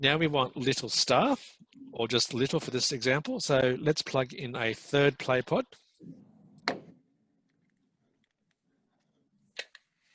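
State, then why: Seated. Someone talks, then plugs the cable plug of a third pod into a socket on a coding hub. Two short, sharp clicks are heard at 9.6 s and 9.8 s as it seats into the hub.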